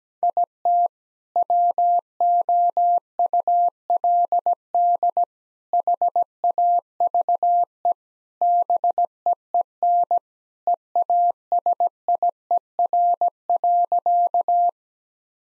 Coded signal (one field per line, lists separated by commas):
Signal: Morse code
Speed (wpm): 17 wpm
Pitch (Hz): 700 Hz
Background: none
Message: IT WOULD HAVE BEEN EASIER.